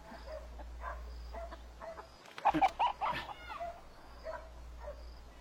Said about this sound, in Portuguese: Galinhas.